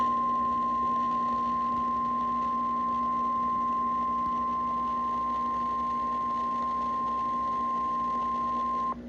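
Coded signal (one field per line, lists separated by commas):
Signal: Emergency Alert System (SAME) tones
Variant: 1050 Hz attention tone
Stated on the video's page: Severe Thunderstorm Warning EAS alerts heard on an FM station's simulcast, received indoors in eastern North Carolina.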